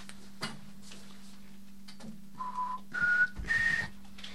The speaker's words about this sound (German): Bitte legen Sie nicht auf. Der Apparat klingelt noch.